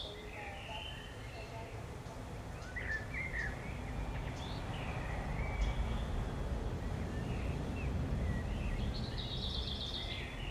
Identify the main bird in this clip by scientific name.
Turdus merula